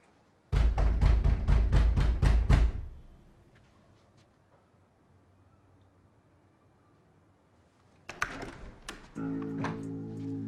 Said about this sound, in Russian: В двери комнаты Лоррейн стучат.